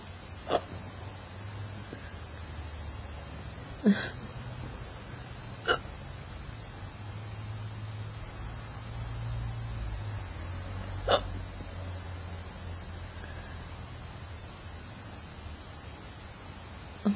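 Sharp, forceful, really hard hiccups in an adult, spaced far apart at irregular intervals, about six in all, over a low background hum.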